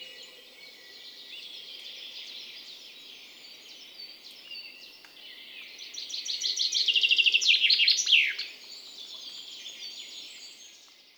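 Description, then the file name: Common chaffinch song: a soft rattling run that builds into a loud, fast descending trill and a terminal flourish near the eighth second, with faint high chirping around. "Fringilla coelebs"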